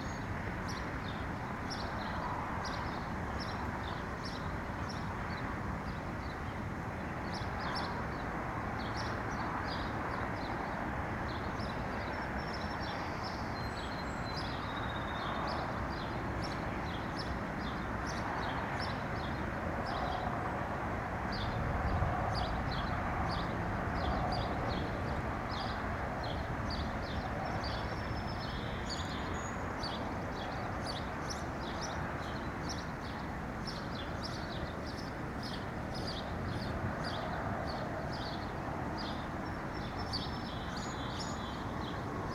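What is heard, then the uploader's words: Outdoor neighborhood ambience: a steady, dense wash of low traffic rumble fills the whole recording at an even level. Small bird chirps and insect-like ticks flicker high above it throughout, with a brief louder knock around the twenty-two second mark. Outdoor Ambient Noise of the Neighborhood.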